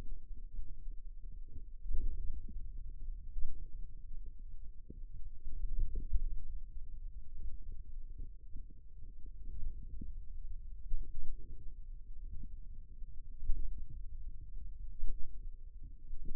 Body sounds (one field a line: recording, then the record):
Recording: forearm muscle sounds (acoustic myography)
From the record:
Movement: pen grasping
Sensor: system 2, bracelet of six BSWA MPA416 microphones around the upper forearm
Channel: 2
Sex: male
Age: 22 years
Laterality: right